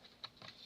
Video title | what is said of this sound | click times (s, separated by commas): XMAXX BUILD SERIES PART.2 DRIVE CUP SLEEVES,DIFF COVERS & CEN PINS. #SDMOTOCREW #BandMrcRacing | here we go it just pops right in there just | 0.2 s